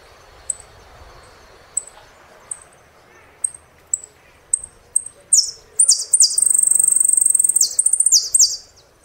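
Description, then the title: Saffron finch song: thin high single chips, spaced out, building into a loud, rapid run of harsh buzzy notes near the end. "Jilguero Argentino"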